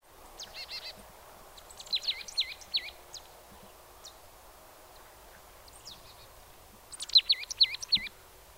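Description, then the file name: Marsh tit calls: two quick series of three or four sharp, downward-hooked notes, with a few short notes before and between, over faint background hiss. "Poecile palustris"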